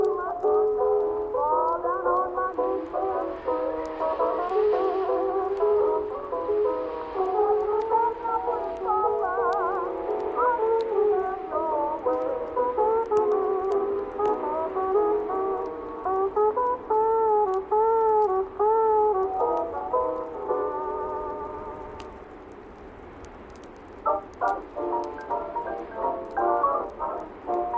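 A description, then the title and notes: Oldies music plays softly from another room, muffled, with little deep bass or brightness. Wavering, sustained melody lines carry steadily through the first twenty seconds, then the music fades down briefly around 22 seconds before shorter, choppier notes return. Oldies music playing softly from another room.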